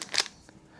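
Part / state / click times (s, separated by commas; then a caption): attachment part onto mini chainsaw body / seated / 0.2 s. An attachment part is fitted onto the body of a mini chainsaw during unboxing and locks into place. A bright, crackly burst of clicks peaks with a sharp click at 0.2 s, followed by a faint tick near 0.5 s and another sharp tick at the very end. The part is seated and locked in position.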